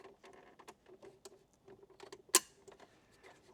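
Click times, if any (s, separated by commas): 2.3 s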